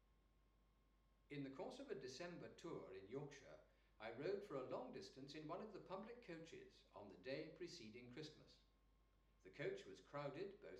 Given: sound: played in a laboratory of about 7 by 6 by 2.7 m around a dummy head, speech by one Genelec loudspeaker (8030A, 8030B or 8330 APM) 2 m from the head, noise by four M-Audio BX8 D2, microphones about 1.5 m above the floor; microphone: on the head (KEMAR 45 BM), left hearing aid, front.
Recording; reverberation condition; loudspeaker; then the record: male speech in English; medium; 60 degrees to the left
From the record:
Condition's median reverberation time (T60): about 510 ms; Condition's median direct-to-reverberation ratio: about -0.5 dB